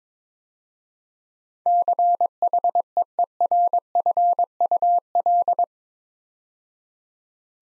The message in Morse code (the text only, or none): CHEERFUL